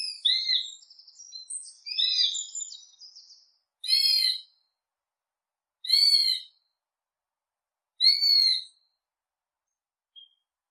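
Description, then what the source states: Hawk calling: a run of wavering whistled notes, then three short, sharp screams spaced about two seconds apart. Hawk calling while hunting prey.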